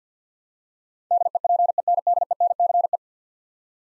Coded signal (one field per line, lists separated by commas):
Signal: Morse code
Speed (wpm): 50 wpm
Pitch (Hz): 700 Hz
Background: none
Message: DEPENDENCE